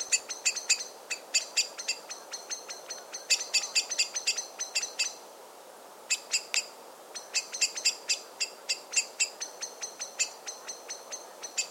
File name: Turdus merula